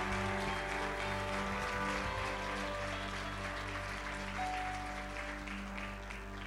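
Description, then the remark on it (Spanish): An audience at a Christian service of the Ministerio de Presencia de Dios applauds steadily, a dense wash of many hands clapping at once, sustained and fairly loud throughout with no voices rising above it. “Sí, dale un fuerte aplauso.”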